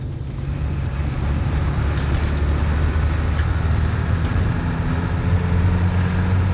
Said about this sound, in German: Ganz mühsam quält sich Herr Bus, in dem wir sitzen, hier jetzt die Serpentinen hinauf, in den Tälern, die zwischen Kathmandu und Pokhara liegen.